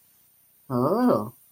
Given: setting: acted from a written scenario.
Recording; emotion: vocal sound without words; interest